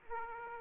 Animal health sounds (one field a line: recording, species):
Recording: mosquito wingbeat signal from an infrared sensor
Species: Aedes aegypti